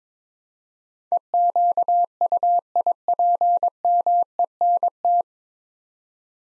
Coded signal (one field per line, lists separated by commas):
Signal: Morse code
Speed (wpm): 22 wpm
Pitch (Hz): 700 Hz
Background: none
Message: EQUIPMENT